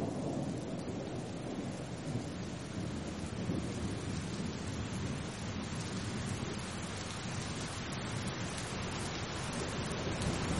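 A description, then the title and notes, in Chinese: Calm rain falls steadily, a dense, even hiss with a soft low rumble underneath that could be thunder. The sound holds nearly constant in loudness throughout, with fine patter of drops spread across it and no sharp events. 助眠雷雨声：平静的雨。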